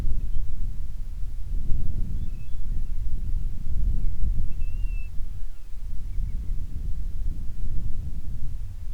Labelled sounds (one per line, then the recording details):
bird
wind
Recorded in the Prudhoe Bay oil fields, Alaska, on 25 July 2019 at 02:13
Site 11